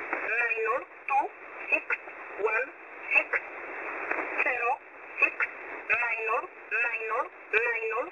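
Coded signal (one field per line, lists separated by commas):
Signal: numbers station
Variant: E11 (Oblique)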